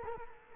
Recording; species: mosquito wingbeat signal from an infrared sensor; Culex quinquefasciatus